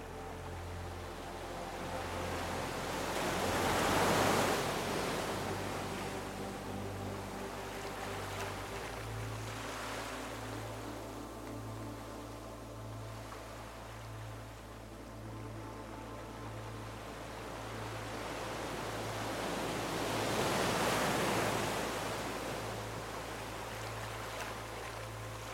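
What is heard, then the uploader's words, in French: Ocean waves swell and wash in slowly, cresting near four and twenty-one seconds, over soft sustained music with a low droning tone shifting midway. Explorez l'harmonie parfaite entre l'océan et une musique apaisante.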